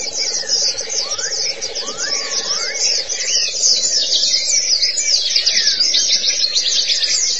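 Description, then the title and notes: White-eye song: a stream of high, sweet twittering chirps, with several lower rising whistles and a droning buzz underneath. "Kicauan Burung Pleci Durasi Panjang. Suara kicauan burung pleci"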